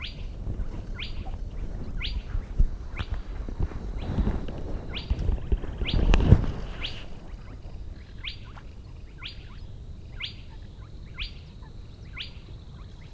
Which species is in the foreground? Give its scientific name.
Porzana porzana